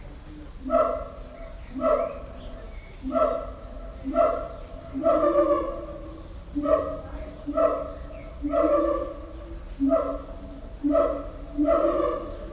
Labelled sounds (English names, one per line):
Black-and-white Ruffed Lemur